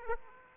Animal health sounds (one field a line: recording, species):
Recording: mosquito wingbeat signal from an infrared sensor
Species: Aedes aegypti